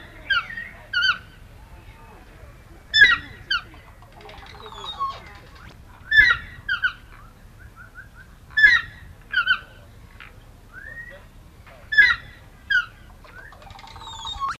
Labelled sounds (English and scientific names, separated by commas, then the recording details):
Yellow-throated Toucan (Ramphastos ambiguus) call
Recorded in captivity
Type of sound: call
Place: Vogelpark Walsrode, Niedersachsen, DE
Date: 1973-09-06
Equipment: Halbspur, 9,5 cm/s
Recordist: Lütgens, Hans
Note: Rufe